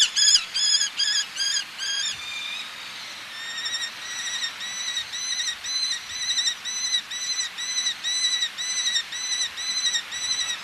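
Eleonora's falcon uttering long rhythmic series of harsh chattering notes, a brief louder run first, then a steady, slightly softer sequence repeating about twice a second.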